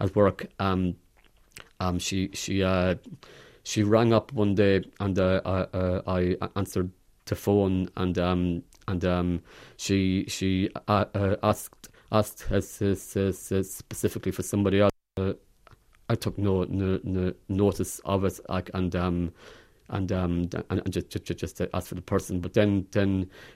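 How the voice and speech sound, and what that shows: A low-pitched adult man tells a story about taking a phone call at work, with frequent part-word and whole-word repetitions ("she, she", "spe-spe-specifically", "no no no", "ju-ju-just"), drawn-out fillers and silent blocks. The pattern is adult stuttering, which he describes as quite bad, with disrupted speech flow.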